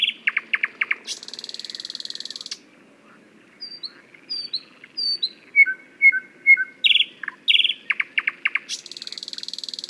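Thrush nightingale song with rapid clicking rattles, a sustained grating buzz, a quiet pause, then a run of pure descending whistles before the rattles return.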